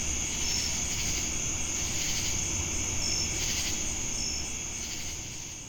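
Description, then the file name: Crickets giving a steady high trill and a few short chirps, broad insect buzz swelling midway, low rumble beneath, the whole chorus fading slightly at the end. Recorded with cicadas in Jamestown, North Carolina, on 10 August 2018. "Crickets And Sacadas Jamestown NC August-10-2018"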